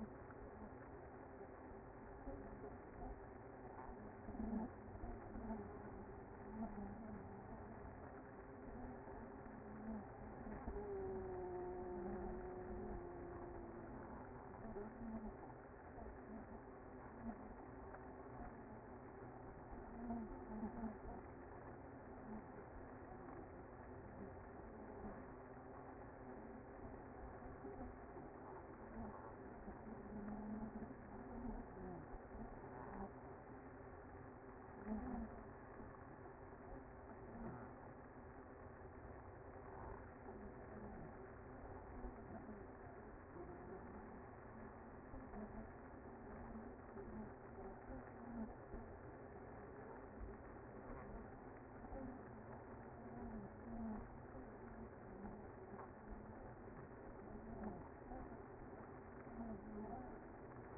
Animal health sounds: honeybee colony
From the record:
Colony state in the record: active

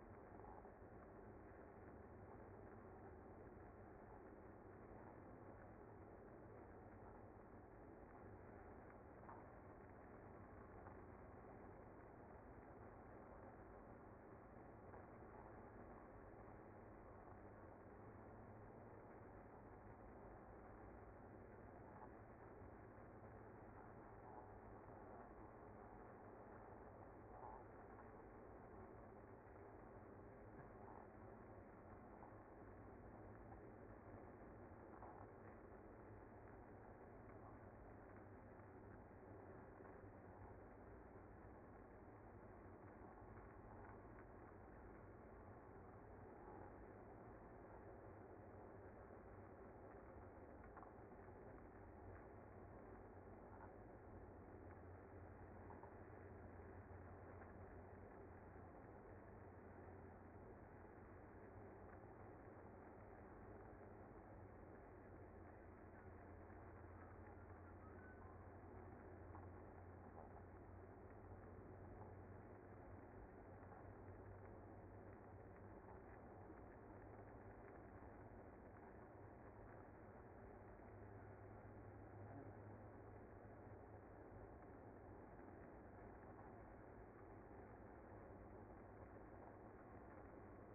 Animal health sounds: honeybee colony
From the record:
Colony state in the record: active

